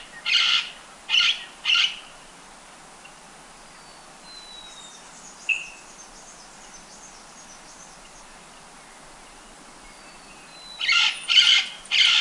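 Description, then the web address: White-capped parrot calls: harsh, squealing notes in short bursts of three at the start and end, with a few thin whistles between. Ecuador. "Birds of Ecuador. White-capped Parrot"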